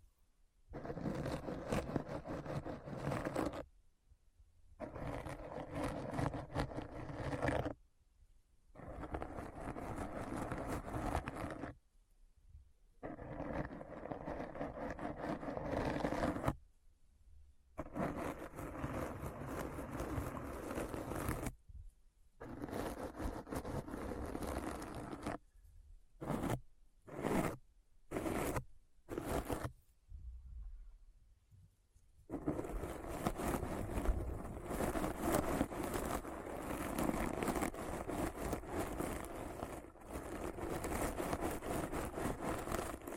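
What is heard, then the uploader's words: Deep, scratchy noise comes in dense bursts of a few seconds each, cut off abruptly by short silences. Around the 25-second mark it stutters in quick chopped fragments, then runs continuously from about 32 seconds to the end, thick and gritty from rumbling lows to hissing highs. ASMR Deep Brain Scratch (No Talking).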